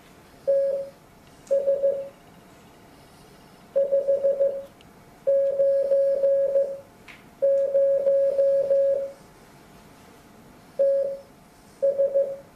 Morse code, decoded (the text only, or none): TS 590 TS